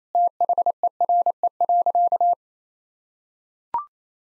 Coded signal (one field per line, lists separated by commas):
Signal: Morse code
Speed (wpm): 27 wpm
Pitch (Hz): 700 Hz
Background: none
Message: THERE.